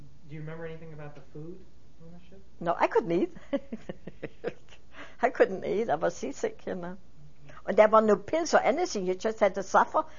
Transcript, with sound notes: do you remember anything about the food on that trip?
No, I couldn't eat. (she laughs) I couldn't eat, I was seasick, you know, and there were no pills or anything, you just had to suffer.